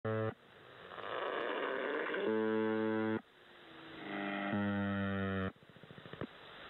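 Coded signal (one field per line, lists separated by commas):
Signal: channel marker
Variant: UVB-76 (The Buzzer)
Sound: hissy static with two harsh low buzzes about a second each, then rapid ticking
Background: radio static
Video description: "The Buzzer" is a Russian military radiostation that broadcasts on 4625 kHz.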